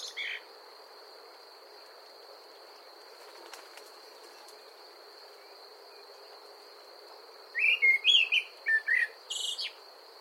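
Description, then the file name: Common blackbird song: the brief end of a phrase, several seconds of quiet steady hiss, then a short burst of fluty warbled notes followed by a squeaky high ending. "Amsel Gesang"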